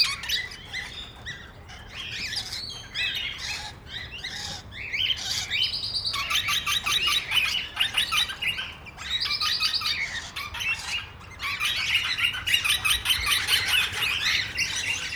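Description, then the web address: Parrots giving harsh, grating squawks and chattering calls, several birds overlapping, growing denser and louder in the second half with rapid bursts of raspy notes. Parrots at Nyíregyháza Zoo, 2010, on top of the green pyramid. "allathangok nyiregyhazizoo 2010 standardt madarak papagajokazoldpiramistetejen"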